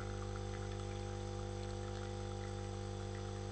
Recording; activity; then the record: daily activity, microphone in the room; make coffee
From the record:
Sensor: 4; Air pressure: 995.9 hPa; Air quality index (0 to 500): 63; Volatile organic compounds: 2 ppm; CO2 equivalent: 1111 ppm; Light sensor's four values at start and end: 10/23/9/9 and 9/20/8/8